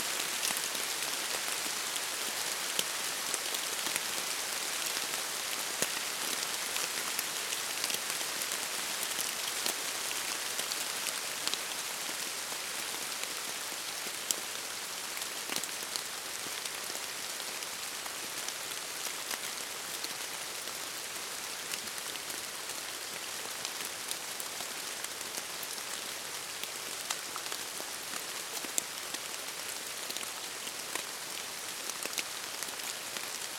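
A heavy deluge pours down steadily, a dense, bright hiss of rain on surfaces with scattered sharper drops popping throughout.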